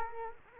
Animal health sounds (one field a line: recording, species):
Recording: mosquito wingbeat signal from an infrared sensor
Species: Culex quinquefasciatus